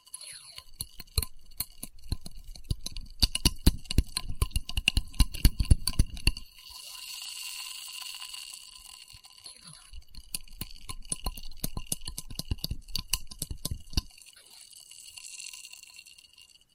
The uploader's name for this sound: Experimental Triggers in Test Tubes